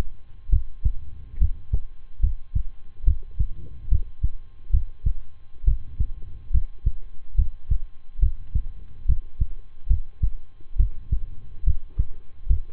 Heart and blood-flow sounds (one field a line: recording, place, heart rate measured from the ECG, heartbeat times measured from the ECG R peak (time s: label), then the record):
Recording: heart sounds by stethoscope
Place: between the tricuspid and mitral areas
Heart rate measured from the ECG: 70 bpm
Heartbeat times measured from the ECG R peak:
0.49 s: heartbeat
1.38 s: heartbeat
2.20 s: heartbeat
3.04 s: heartbeat
3.88 s: heartbeat
4.70 s: heartbeat
5.64 s: heartbeat
6.50 s: heartbeat
7.35 s: heartbeat
8.19 s: heartbeat
9.05 s: heartbeat
9.87 s: heartbeat
10.76 s: heartbeat
11.63 s: heartbeat
12.47 s: heartbeat
From the record:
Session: rest, lying down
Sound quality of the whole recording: good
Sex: male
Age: 23 years